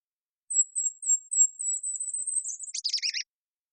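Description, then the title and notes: Golden-crowned kinglet singing a single song: a string of extremely high, thin, evenly spaced notes that quickens, then drops into a brief jumbled chatter at the end. Song in the Pacific Northwest, Washington, United States; parabolic microphone recording, processed for clarity with natural pace kept. "Golden-crowned Kinglet, Regulus satrapa, songs, Recorded in the beautiful Pacific Northwest in Washington, Unister States"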